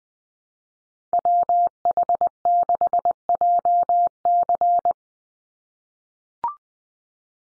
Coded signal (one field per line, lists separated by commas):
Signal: Morse code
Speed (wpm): 20 wpm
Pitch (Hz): 700 Hz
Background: none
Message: WH6JC